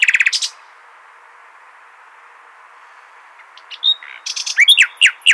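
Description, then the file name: Common nightingale song: a short burst of rapid high notes, a pause, then a varied phrase of sharp chirps and quick descending whistles. "Luscinia megarhynchos"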